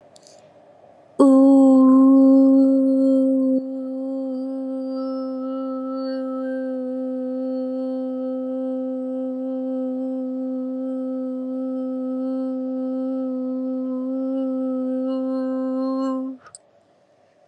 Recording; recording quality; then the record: sustained vowel as in boot; excellent, no background noise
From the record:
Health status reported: COVID-19 positive, no symptoms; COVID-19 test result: positive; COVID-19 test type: RT-PCR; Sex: female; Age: 22 years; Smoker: no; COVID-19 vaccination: both doses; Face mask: not worn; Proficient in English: yes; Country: India